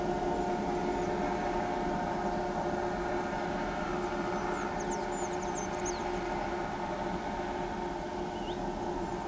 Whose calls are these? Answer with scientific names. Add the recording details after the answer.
Thraupis episcopus. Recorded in pastures near Pivijay, Magdalena, Colombia, on 13 April 2023 at 13:30. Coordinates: 10.456, -74.369. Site P6-G026